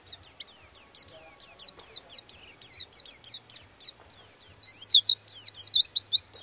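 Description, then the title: Bird song of rapid, high-pitched descending whistled notes, repeated in quick succession and growing louder and sharper toward the end, with a faint low hum beneath. Master recording used for training birds. "Master Burung Jos"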